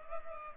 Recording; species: mosquito wingbeat signal from an infrared sensor; Culex pipiens